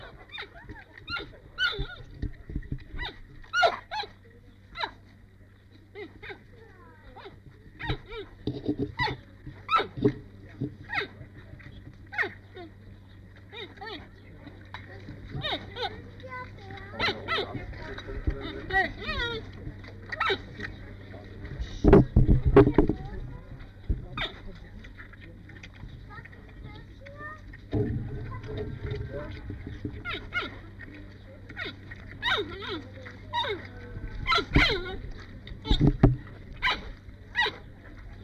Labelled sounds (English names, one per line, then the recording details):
Giant Panda call
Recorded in captivity
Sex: female
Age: adult
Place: Tierpark Berlin, Berlin, DE
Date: 1958-08-21
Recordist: Tembrock, Günter